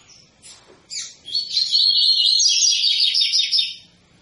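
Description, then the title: Double-collared seedeater song: a few introductory notes, then a loud, steady two-and-a-half-second stream of fast repeated twittering. Tui-tui song type; recording intended for teaching young birds the song (fibra, professor). "COLEIRO TUI TUI FIBRA CANTO PROFESSOR"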